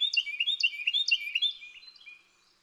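Bird song: a quick run of high, bright chirps that fades into softer twittering and then silence.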